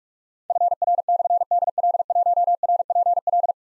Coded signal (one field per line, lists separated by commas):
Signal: Morse code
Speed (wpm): 44 wpm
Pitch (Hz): 700 Hz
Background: none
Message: FR/DL1RPL